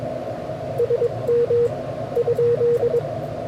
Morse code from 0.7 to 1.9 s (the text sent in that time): SM